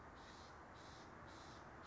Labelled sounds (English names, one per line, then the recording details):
Steller's Jay
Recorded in Sonoma County, California